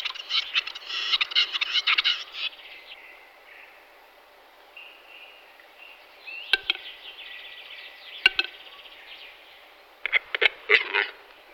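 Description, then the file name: Western capercaillie display, a run of rapid scratchy rasping notes, a quieter thin stretch with soft tones, then isolated loud clicks and a final burst of scraping. "tetřev-hlušec"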